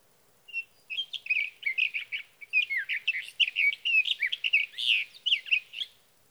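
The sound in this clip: Sage thrasher delivering a long, hurried warbling song of mixed whistles and buzzy slurs, continuous for about five seconds.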